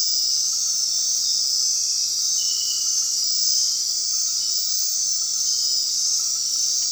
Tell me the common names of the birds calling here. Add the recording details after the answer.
none. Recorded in dense forest near Puerto Asís, Putumayo, Colombia, on 18 February 2024 at 20:30. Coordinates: 0.499, -76.324. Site G6469